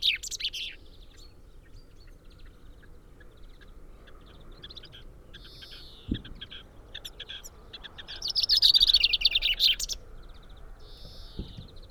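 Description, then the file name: Common chaffinch calling, with faint high chirps scattered throughout and a louder descending run of bright notes near the end, against low background rumble. "Fringilla coelebs"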